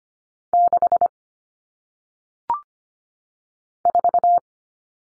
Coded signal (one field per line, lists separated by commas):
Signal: Morse code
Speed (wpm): 25 wpm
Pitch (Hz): 700 Hz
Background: none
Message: 6 4